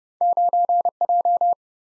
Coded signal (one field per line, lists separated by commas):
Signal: Morse code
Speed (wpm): 28 wpm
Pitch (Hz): 700 Hz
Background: none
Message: 9J